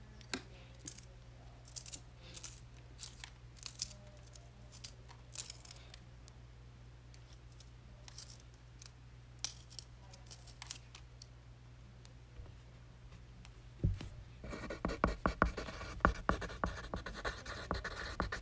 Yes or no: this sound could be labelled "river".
no